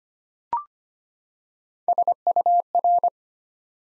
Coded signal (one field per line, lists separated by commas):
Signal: Morse code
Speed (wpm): 25 wpm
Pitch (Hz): 700 Hz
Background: none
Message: SUR